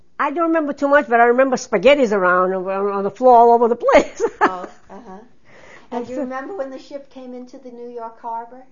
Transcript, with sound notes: I don't remember too much, but I remember spaghetti around, on the floor, all over the place! [Laughs]
Oh, uh-huh. And do you remember when the ship came into the New York Harbor?